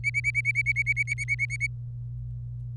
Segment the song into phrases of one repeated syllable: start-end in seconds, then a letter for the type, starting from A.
0.04-1.67 A